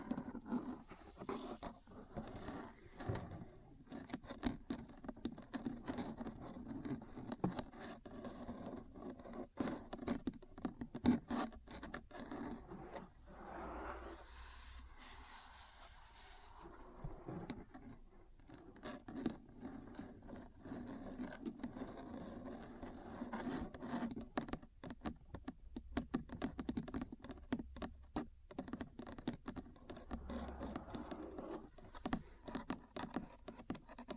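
Metal parts tap and scratch in a dense, irregular patter of sharp clicks that runs almost the whole time, over a steady low hum. Around 14 to 18 seconds the tapping thins and gives way to a softer rubbing scrape before the busy clicking returns.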